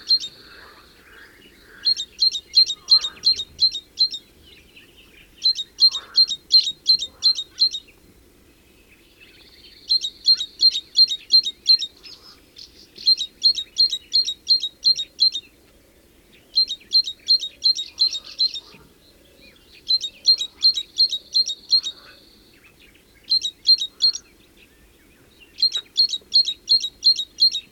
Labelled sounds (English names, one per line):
Great Tit song